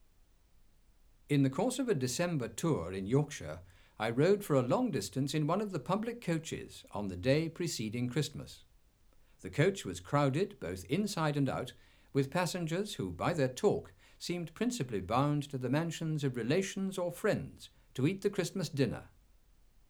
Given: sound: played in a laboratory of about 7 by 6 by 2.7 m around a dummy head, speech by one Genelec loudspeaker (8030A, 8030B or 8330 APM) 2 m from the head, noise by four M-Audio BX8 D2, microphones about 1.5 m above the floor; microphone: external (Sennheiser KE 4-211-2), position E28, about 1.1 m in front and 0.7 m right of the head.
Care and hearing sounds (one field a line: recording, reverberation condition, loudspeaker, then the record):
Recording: male speech in English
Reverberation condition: low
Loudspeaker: 30 degrees to the right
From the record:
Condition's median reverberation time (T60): about 310 ms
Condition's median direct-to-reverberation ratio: about 3.5 dB